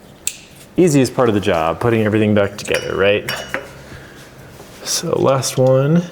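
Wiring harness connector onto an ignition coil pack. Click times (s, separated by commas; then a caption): 0.3 s. A plastic wiring harness connector is clipped back onto a reinstalled ignition coil pack, giving a sharp click at 0.3 s that shows it has seated. Someone talks through the rest of the clip.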